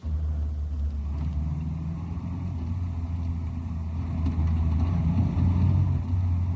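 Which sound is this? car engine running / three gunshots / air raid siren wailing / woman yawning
car engine running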